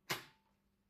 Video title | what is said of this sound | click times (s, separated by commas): CÓMO COLOCARSE EL CASCO | Remember that it has to click into place so that it's perfectly secure and doesn't ride up in case of an accident or a crash. | 0.1 s